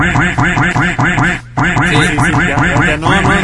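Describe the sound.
A duck quacks loudly and rapidly on a radio show, in a steady stream of harsh, nasal calls, breaking off for a brief moment midway before carrying on just as insistently.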